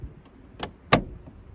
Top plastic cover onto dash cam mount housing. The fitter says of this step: And there you go. You have successfully installed your dash cam. Here's a final look at how everything looked on mine once it snapped in place.